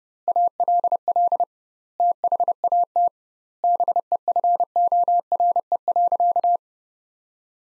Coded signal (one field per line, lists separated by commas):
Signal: Morse code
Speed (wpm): 32 wpm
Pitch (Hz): 700 Hz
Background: none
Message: ALL THAT BEFORE.